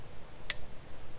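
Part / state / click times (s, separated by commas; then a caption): lantern base onto tripod mounting clip / seated / 0.5 s. A lantern base is clipped onto a tripod mounting clip: the small hole in the base is lined up with the clip, pushed in and slid down. At 0.5 s it snaps home with a single sharp, bright click over quiet background noise, and the lantern is seated on the tripod.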